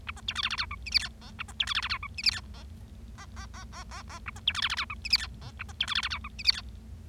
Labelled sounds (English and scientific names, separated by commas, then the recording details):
Bengalese Finch (Lonchura striata domestica) song
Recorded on 25 March 2012 at 15:35
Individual gy6or6